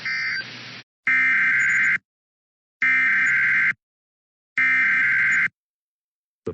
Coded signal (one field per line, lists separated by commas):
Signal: Emergency Alert System (SAME) tones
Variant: header bursts